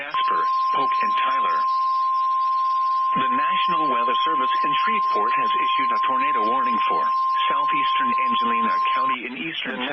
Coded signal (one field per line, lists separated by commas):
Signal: Emergency Alert System (SAME) tones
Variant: 1050 Hz attention tone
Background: speech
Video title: MARGINAL MADNESS ON A SCHOOL DAY! EAS Alerts from 1/8/2024! [EAS #1,994 - #2,001]